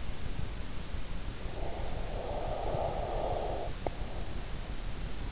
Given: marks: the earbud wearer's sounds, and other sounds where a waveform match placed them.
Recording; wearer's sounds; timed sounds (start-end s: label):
sounds in sleep by an in-ear microphone; breath
1.50-4.31 s: breath